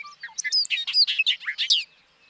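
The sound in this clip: Bobolink song: a fast, gurgling cascade of tinkling and twanging notes, high and low mixed, ending abruptly after under two seconds.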